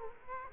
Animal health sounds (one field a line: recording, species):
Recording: mosquito wingbeat signal from an infrared sensor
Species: Culex quinquefasciatus